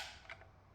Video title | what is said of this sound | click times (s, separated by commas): Burabi Baby Formula Milk Dispenser - Review & Tutorial | Hear the clicking sound when you turn it, is now it's in. | 0.3 s, 0.4 s